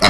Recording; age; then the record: pig call; piglet (1 to 25 days)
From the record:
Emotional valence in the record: positive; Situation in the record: reunion after long isolation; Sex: male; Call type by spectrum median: low-frequency call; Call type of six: low-frequency tonal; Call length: 0.10 s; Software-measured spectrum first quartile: 680 Hz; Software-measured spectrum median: 1886 Hz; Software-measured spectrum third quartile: 3771 Hz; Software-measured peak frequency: 169 Hz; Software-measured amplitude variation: 76 dB a second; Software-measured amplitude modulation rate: 4.7 a second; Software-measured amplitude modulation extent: 15.9 dB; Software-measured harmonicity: 0.0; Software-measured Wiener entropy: -1.72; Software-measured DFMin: 627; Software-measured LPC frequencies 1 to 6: 660, 1267, 2087, 2811, 4012, 5133 Hz